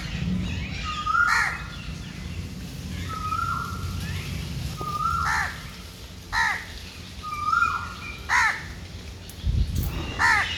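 Bird calls alternate between flat, whistled tones and rough, downward-arching caws, repeated roughly every second or two against a low rumbling background.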